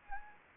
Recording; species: mosquito wingbeat signal from an infrared sensor; Anopheles gambiae